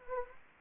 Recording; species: mosquito wingbeat signal from an infrared sensor; Anopheles arabiensis